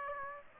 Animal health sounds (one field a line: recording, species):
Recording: mosquito wingbeat signal from an infrared sensor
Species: Aedes aegypti